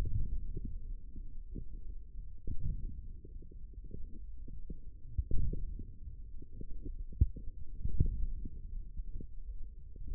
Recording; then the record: forearm muscle sounds (acoustic myography)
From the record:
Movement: forearm supination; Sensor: system 1, eight BSWA MPA416 microphones around the upper forearm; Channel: 1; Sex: male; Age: 20 years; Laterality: left